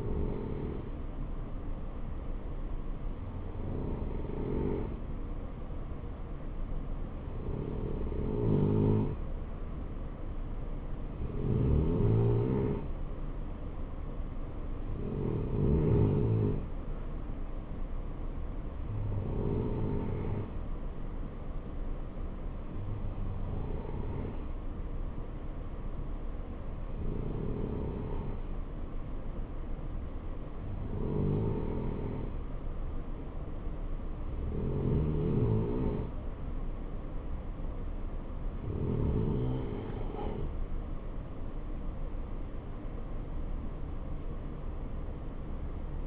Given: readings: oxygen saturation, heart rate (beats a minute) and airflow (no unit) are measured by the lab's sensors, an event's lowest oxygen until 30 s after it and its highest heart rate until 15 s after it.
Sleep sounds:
breathing in sleep by a smartphone at the bedside; none
none scored
From the record:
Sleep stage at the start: N3 (deep sleep); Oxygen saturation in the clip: 89 to 92%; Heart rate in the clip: 61 to 70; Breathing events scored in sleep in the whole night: 277 in 7.4 hours asleep

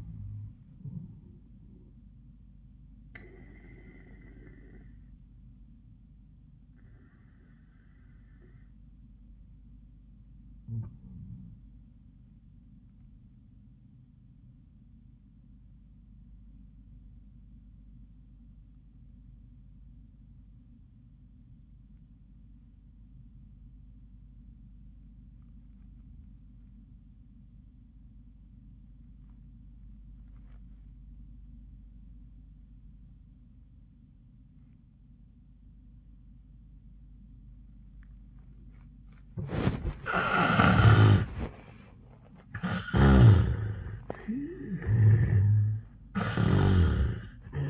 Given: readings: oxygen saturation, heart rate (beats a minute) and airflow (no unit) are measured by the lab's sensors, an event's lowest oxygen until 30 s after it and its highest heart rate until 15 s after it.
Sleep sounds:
breathing in sleep by a smartphone at the bedside; 1
2.00-32.00 s: new sleep stage, REM sleep
8.00-40.80 s: obstructive apnea (REM, oxygen 97% highest, then 72% lowest, heart rate 88 at the start, 96 highest)
32.00-47.70 s: new sleep stage, N1 (lightest sleep)
From the record:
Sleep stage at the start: N1 (lightest sleep); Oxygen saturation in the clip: 73 to 97%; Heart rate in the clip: 75 to 96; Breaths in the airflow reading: 3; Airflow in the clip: -26.3 to 16.9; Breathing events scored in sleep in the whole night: 400 in 8.7 hours asleep

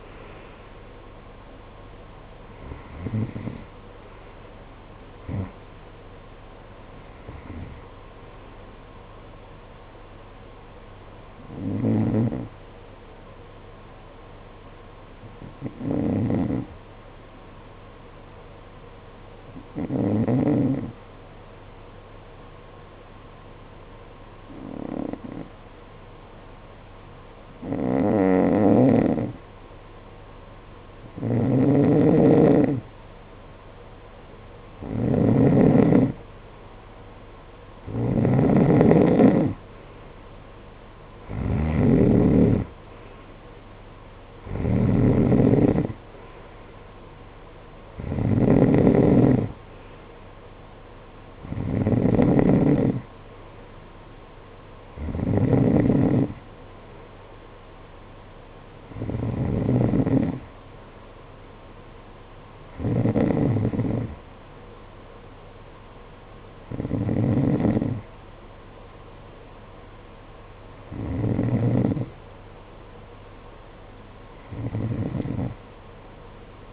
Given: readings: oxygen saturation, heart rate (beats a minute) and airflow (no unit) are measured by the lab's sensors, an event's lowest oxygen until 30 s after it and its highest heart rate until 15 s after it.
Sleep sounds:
breathing in sleep by a voice recorder at the bedside; 1
10.00-76.73 s: new sleep stage, N2 (light sleep)
14.00-35.30 s: hypopnea (N2, oxygen 95% highest, then 87% lowest, heart rate 50 at the start, 66 highest)
From the record:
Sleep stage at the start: N1 (lightest sleep); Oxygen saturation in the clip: 87 to 95%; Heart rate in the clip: 50 to 74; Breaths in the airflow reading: 21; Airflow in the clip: -13.5 to 9.0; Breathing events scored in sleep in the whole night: 476 in 9.7 hours asleep

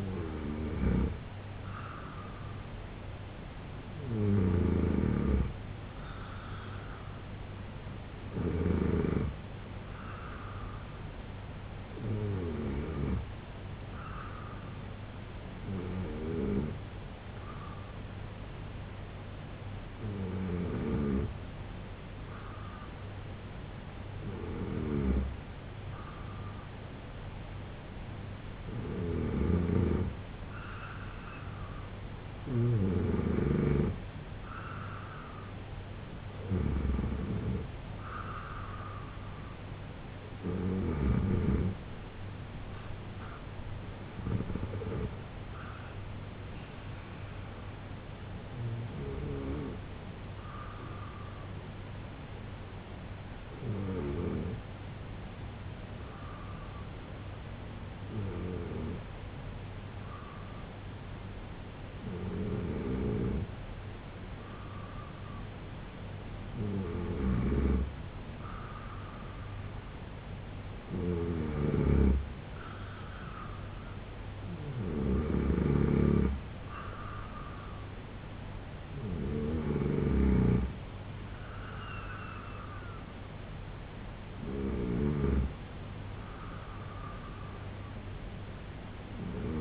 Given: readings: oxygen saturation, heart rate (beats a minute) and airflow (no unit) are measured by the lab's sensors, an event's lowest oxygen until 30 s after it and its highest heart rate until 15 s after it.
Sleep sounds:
breathing in sleep by a voice recorder at the bedside; 2
12.00-31.70 s: hypopnea (N2, oxygen 92% highest, then 88% lowest, heart rate 76 at the start, 83 highest)
53.00-72.50 s: hypopnea (N2, oxygen 93% highest, then 87% lowest, heart rate 69 at the start, 80 highest)
From the record:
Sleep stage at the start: N2 (light sleep); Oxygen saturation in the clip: 87 to 93%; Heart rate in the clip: 68 to 83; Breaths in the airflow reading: 20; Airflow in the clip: -3.6 to 6.5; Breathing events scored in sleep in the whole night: 258 in 7.4 hours asleep

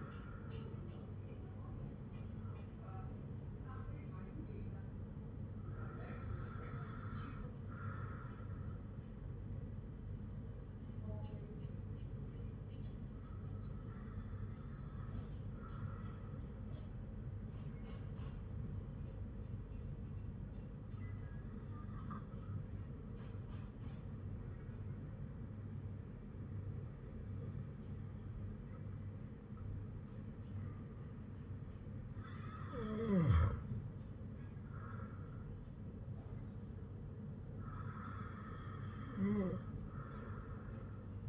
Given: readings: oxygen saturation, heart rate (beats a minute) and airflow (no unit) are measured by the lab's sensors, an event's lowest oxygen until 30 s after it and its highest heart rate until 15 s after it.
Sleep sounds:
breathing in sleep by a smartphone at the bedside; 1
12.00-31.10 s: hypopnea (N2, oxygen 97% highest, then 95% lowest, heart rate 57 at the start, 59 highest)
From the record:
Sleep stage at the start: N2 (light sleep); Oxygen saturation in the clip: 95 to 97%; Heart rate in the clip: 54 to 59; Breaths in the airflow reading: 8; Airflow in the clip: -6.7 to 7.4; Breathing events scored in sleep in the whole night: 182 in 7.4 hours asleep

